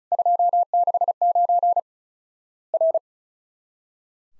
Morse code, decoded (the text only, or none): 269 R